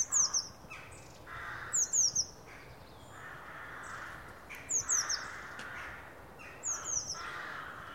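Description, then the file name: Eurasian blue tit with sharp, very high descending call notes in short clusters, four bursts at irregular intervals over background noise. "Cyanistes caeruleus"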